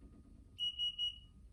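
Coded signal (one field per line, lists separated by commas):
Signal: none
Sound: power trunk warning beeps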